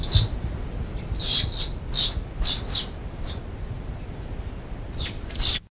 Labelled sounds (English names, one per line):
White Wagtail call